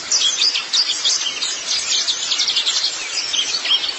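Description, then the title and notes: White-eye song, rapid bursts of high, thin chirps and trills tumbling together without pause, with a faint hiss behind. White-eye song (kicauan). "Kicauan Burung Pleci Durasi Panjang. Suara kicauan burung pleci"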